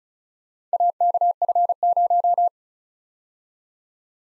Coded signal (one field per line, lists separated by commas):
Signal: Morse code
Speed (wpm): 34 wpm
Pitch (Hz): 700 Hz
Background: none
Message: AKF0